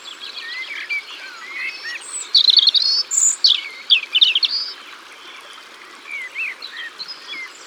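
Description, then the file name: European robin song opening with soft, wandering high notes, building to a loud, rapid jumble of thin whistles and trills, then fading into quiet, scattered notes. Recorded by the waterside. "Rougegorge familier Au bord de leau"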